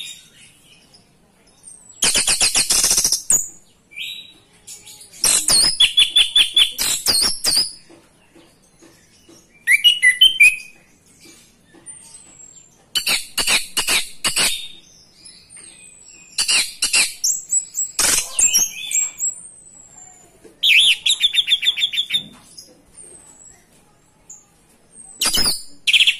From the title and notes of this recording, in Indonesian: Anis merah gacor terompet.